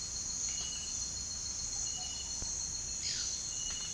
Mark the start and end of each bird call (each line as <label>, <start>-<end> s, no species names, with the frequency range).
bird call (1.5-7.2 kHz), 0.42-0.84 s
bird call (1.0-6.7 kHz), 2.97-3.34 s